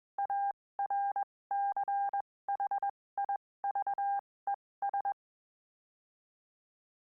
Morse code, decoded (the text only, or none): ARCHIVES